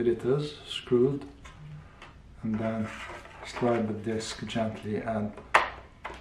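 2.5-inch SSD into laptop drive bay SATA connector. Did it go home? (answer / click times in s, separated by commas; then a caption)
yes / 6.1 s. A 2.5-inch SSD is slid gently into a laptop's drive bay and onto its SATA connector while someone talks. A single sharp click sounds at 6.1 s as the drive seats in the connector.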